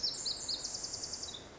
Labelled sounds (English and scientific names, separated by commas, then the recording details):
Pacific Wren (Troglodytes pacificus)
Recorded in Sonoma County, California